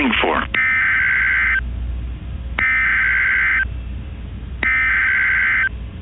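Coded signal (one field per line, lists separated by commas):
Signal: Emergency Alert System (SAME) tones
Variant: header bursts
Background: speech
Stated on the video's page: Fictional EAS scenario using valid EAS tones; the events are purely made up.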